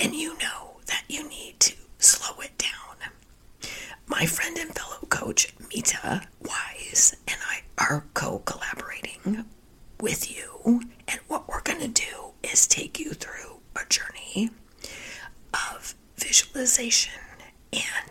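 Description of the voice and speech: An adult woman speaking in a breathy, largely whispered voice with little voicing, so she sounds as if she has laryngitis. Spasmodic dysphonia, a condition she is currently dealing with and working through.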